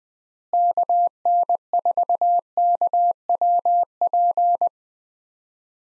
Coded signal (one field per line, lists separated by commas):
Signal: Morse code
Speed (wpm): 20 wpm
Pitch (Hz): 700 Hz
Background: none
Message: KN4KWP